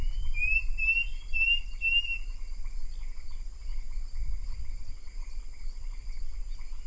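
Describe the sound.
Bird call: a quick series of bright, thin chirps early on, then only a constant high hum and low background rumble.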